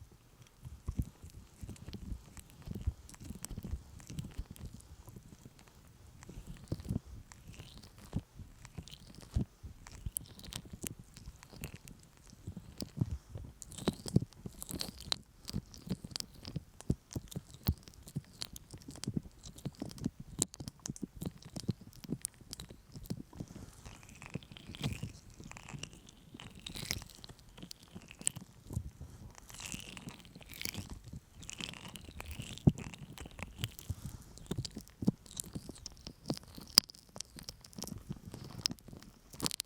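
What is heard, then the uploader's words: A sticky honey ear massage: dense, irregular wet clicks and smacks run through the whole 40 seconds, with a soft low rubbing underneath. Brighter squelching and crackling bursts pick up after about 13 seconds and grow busier toward the end. ASMR Sticky Honey Ear Massage (No Talking).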